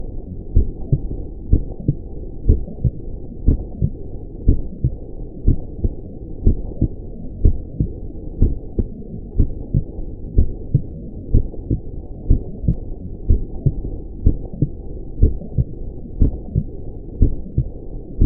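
Steady low thumping heartbeat at about 61 beats a minute.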